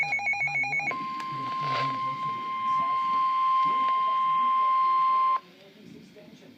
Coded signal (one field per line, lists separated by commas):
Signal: Emergency Alert System (SAME) tones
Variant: 1050 Hz attention tone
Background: speech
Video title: Flood Warning (EAS#153)